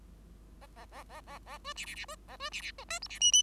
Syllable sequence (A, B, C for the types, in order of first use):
A A A A A A B C C C B A B C C B D E C F F